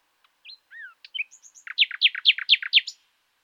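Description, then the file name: Common nightingale song: soft scattered whistles and slurred notes build into a loud rhythmic series of paired sharp chirps repeated several times. "Luscinia megarhynchos"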